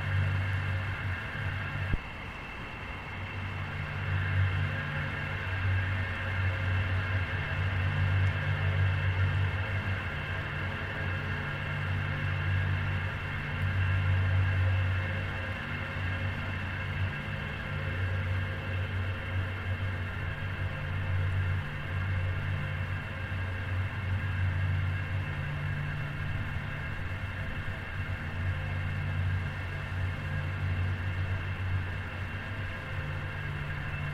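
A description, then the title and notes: A recording played through a transducer pressed to an old gasoline can, giving a steady, metallic drone like traffic heard through a tin. Deep humming tones throb underneath, with ringing, nasal overtones above. A brief click near two seconds. An East River Park Sound Walk in New York. The sound of a single recording made while circling the park. The recording played through a transducer and an antique gasoline can.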